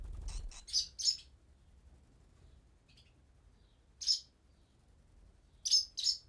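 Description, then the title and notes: Swallow chicks giving sharp, high, rasping begging bursts in short clusters separated by pauses, with a low thump at the start. "BÉBÉ HIRONDELLES NID DANS LA CAVE. BB HIRONDELLES CAVE, 39800 Chaussenans, France. NID D'HIRONDELLES DANS LA CAVE EN PROXIMITÉ. Les Bébé bougent dans leur nid et leur parents viennent les nourrir"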